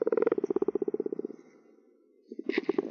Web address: Common or Grass Frog